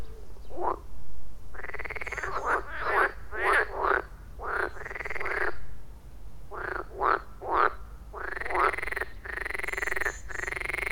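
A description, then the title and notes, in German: A chorus of frogs calls in overlapping bursts, with rasping, pulsed croaks repeating every second or so. The calls are bright and loud, nearly continuous, with a short lull around six seconds before the chorus swells again over a faint low rumble. Ein kurzes Froschkonzert.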